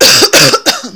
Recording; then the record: coughing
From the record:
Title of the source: November cold (wet coughing)